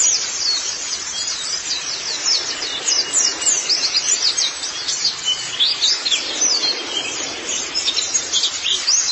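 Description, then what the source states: White-eye song: thin, very high, rapid twittering with many overlapping slurred notes, continuous and steady throughout. Chirping song.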